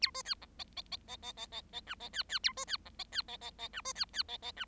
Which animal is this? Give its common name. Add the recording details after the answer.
Bengalese Finch. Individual Bird7